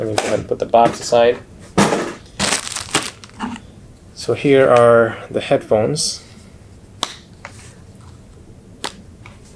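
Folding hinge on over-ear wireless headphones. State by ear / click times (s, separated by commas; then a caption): seated / 7.0 s, 7.4 s. Someone talks while setting a box aside and handling a pair of gray Riwbox TX8 budget wireless over-ear headphones, with rustling and crinkling in between. The plastic folding hinge is moved until it snaps into place, with two sharp clicks at 7.0 s and 7.5 s. The snap is judged pretty decent.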